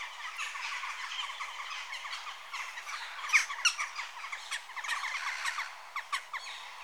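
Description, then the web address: Western jackdaws calling in a busy flock, short harsh chack notes overlapping constantly, with a few louder sharp calls standing out midway. Adult birds. "BBC Sound Effects Library (Birds) Jackdaw (Corvus Monedula) Adults"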